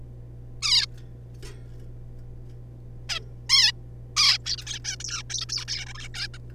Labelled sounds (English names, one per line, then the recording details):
Zebra Finch
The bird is a juvenile
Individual R3549